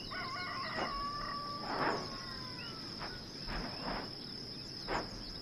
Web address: Hawaii s Kilauea Volcano May 2018 Volcano 5-22 11 am Birds